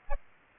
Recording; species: mosquito wingbeat signal from an infrared sensor; Aedes albopictus